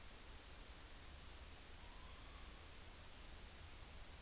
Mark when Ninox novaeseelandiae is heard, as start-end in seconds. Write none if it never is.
1.78-2.64